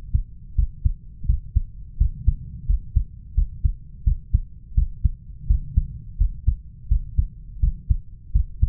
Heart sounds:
heart sounds by stethoscope; 85 bpm
0.58 s: heartbeat
1.28 s: heartbeat
2.00 s: heartbeat
2.69 s: heartbeat
3.37 s: heartbeat
4.06 s: heartbeat
4.77 s: heartbeat
5.49 s: heartbeat
6.20 s: heartbeat
6.91 s: heartbeat
7.62 s: heartbeat
8.35 s: heartbeat
From the record:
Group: healthy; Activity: rest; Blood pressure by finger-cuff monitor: 139/87 mmHg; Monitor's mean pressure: 105 mmHg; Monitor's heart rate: 85 bpm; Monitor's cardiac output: 7.1 L/min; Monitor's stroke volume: 84 mL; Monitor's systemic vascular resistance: 1100 dyn s/cm5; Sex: male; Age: 21 years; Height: 175 cm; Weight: 72.6 kg

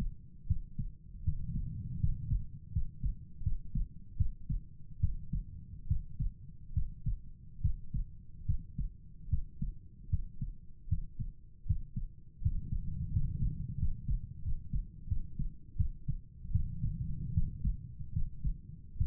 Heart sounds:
heart sounds by stethoscope; 78 bpm
0.47 s: heartbeat
1.24 s: heartbeat
1.99 s: heartbeat
2.72 s: heartbeat
3.43 s: heartbeat
4.17 s: heartbeat
5.00 s: heartbeat
5.87 s: heartbeat
6.73 s: heartbeat
7.61 s: heartbeat
8.45 s: heartbeat
9.29 s: heartbeat
10.09 s: heartbeat
10.88 s: heartbeat
11.66 s: heartbeat
12.41 s: heartbeat
13.11 s: heartbeat
13.78 s: heartbeat
14.43 s: heartbeat
15.07 s: heartbeat
15.76 s: heartbeat
16.51 s: heartbeat
17.33 s: heartbeat
18.12 s: heartbeat
18.97 s: heartbeat
From the record:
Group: healthy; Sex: male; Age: 35 years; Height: 178 cm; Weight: 64 kg

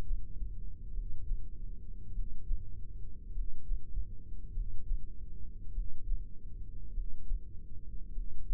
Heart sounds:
heart sounds by microphone in the right ear; 50 bpm
0.89 s: heartbeat
2.09 s: heartbeat
3.29 s: heartbeat
4.49 s: heartbeat
5.69 s: heartbeat
6.89 s: heartbeat
8.09 s: heartbeat
From the record:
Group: heart failure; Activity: breath hold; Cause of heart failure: dilated cardiomyopathy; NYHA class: 3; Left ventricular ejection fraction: 27%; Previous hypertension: present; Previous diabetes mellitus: present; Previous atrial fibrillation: present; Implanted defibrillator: present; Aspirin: present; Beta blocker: bisoprolol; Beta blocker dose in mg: 1.25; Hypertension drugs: sacubitril-valsartan, spironolactone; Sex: female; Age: 39 years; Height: 170 cm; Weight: 64 kg

